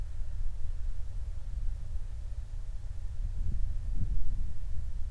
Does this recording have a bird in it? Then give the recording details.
no. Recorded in the Prudhoe Bay oil fields, Alaska, on 28 July 2019 at 05:20. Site 25